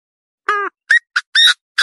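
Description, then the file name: Partridge with a harsh calling phrase: a ringing nasal note, then quick short notes and hoarse raspy bursts, over a silent background. "Tieng ga go"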